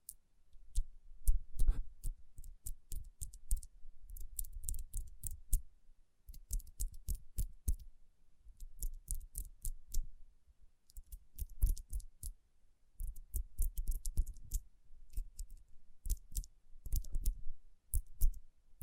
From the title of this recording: Tapping & Rubbing Rhinestone Covered Palms